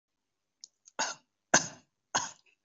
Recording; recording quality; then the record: shallow voluntary cough; excellent, no background noise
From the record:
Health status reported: COVID-19 positive, no symptoms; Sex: male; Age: 24 years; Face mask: not worn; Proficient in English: no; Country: India